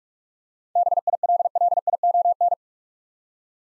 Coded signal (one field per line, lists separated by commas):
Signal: Morse code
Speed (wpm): 44 wpm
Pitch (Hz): 700 Hz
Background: none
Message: BILLION